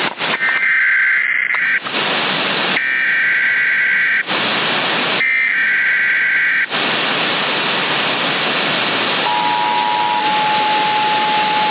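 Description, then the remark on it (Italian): Harsh electronic alert tones of the American Emergency Alert System (EAS), shown on TV across all channels, sound in steady bursts alternating with loud blasts of hissing static, followed by a long stretch of noise with a thin, sustained high tone running through it. “Ti compare a schermo TV su tutti i canali una specie di... delle scritte, dei toni, poi una voce forse preregistrata o elettronica.”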